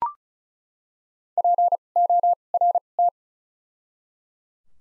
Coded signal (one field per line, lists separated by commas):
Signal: Morse code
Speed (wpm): 36 wpm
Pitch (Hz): 700 Hz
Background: none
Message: P O R T